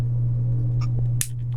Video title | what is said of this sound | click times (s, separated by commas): Hasbro's First X Release!!! - Sword Dran 3-60 F - Unboxing/Review | Oh, there we go. You hear that click? Boom. Now it is all together. | 1.2 s